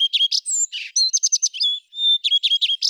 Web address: Phoenicurus phoenicurus